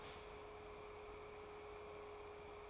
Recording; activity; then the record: daily activity, microphone in the room; start toaster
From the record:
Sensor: 1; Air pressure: 1014.7 hPa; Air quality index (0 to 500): 203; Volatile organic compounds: 35 ppm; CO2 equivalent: 3068 ppm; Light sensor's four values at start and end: 3/8/3/3 and 3/8/3/3